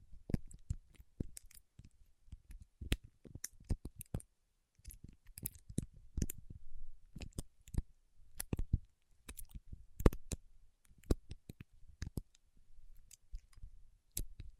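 Paraffin wax being tapped, peeled and scratched, heard as dense, irregular clicks and sharp snaps scattered throughout. Bright crackly ticks come in quick clusters with brief gaps, over a soft low rustle. Louder snaps stand out near 3, 6, 10 and 12 seconds.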